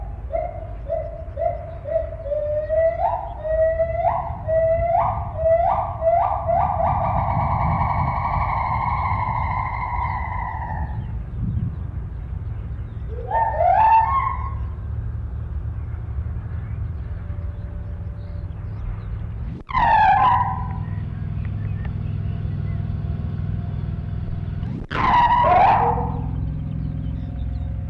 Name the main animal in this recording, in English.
Agile Gibbon